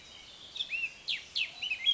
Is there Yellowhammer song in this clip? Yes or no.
no